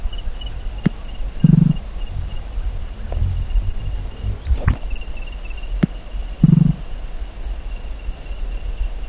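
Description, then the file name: White-winged nightjar giving two brief, deep, buzzing notes about five seconds apart, with scattered clicks and a constant high-pitched hum behind. "Eleothreptuscandicansjmb"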